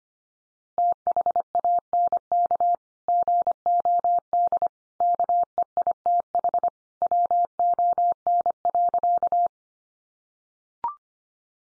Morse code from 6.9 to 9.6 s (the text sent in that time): WON.